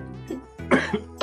Definitely a cold type cough.